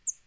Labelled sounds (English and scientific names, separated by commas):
Northern Parula (Setophaga americana) flight call